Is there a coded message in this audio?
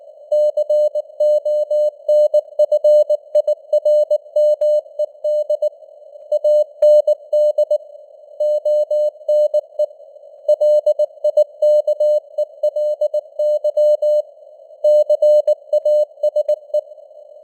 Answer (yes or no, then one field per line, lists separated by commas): yes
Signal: Morse code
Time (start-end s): 0.3-16.8 s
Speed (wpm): 19 wpm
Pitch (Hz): 600 Hz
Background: none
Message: CONFIRMED AND ONE LIKELY CASE